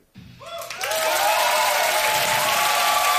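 Audience applause at a live Sunday evening music broadcast on Polish Radio Trójka (Program Trzeci) starts abruptly, swelling within the first second into a dense, steady wash of clapping that holds loud and even to the end, with no voices standing out.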